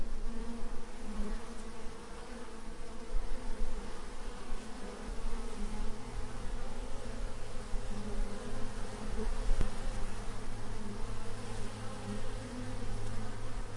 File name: bees in meadow close to a hive